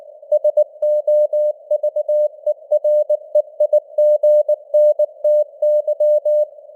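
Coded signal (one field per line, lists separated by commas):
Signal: Morse code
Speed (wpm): 19 wpm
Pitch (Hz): 600 Hz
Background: none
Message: SOVEREIGNTY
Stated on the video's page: Morse news headlines at 19wpm with simulated radio noise and varying signal strength (QSB).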